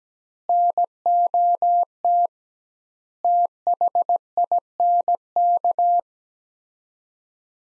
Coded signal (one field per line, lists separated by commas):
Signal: Morse code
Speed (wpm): 17 wpm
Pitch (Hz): 700 Hz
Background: none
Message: NOT THINK